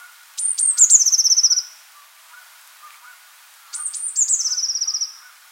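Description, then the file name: Eurasian blue tit giving two matching calls about three seconds apart, each a few sharp high notes followed by a fast, slightly descending buzzy trill. "Cyanistes caeruleus"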